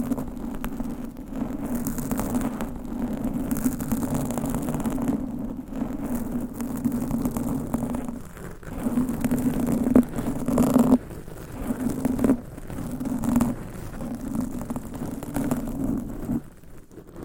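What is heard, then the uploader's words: Mic scratching with long nails, layered into a dense, continuous rasping texture that stays fairly low, centered in a thick droning band. Brighter scraping bursts flare up every second or two, with a short drop-off near the end. ASMR Mic Scratching - Brain Scratching Layered Asmr No Talking for Sleep with Long Nails.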